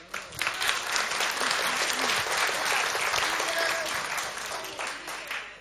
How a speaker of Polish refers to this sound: Brawa dla was.